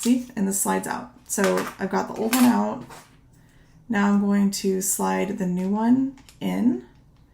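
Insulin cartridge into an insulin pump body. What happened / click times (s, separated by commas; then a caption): Handled, not yet home: a small plastic cartridge is being fitted, no seating click yet / none. Someone talks while handling a t:slim insulin pump: the old plastic insulin cartridge has been slid out of the pump body and a new one is about to be slid in. Nothing has seated or clicked into the pump yet.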